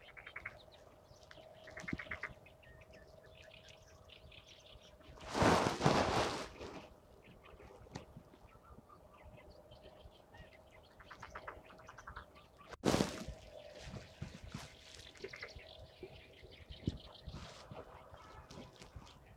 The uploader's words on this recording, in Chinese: 沙河北岸鸟鸣记录。在沙河观鸟三小时，记录下多种鸟类的叫声和自然的声音，当然还有人声。